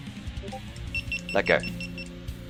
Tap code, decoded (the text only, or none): none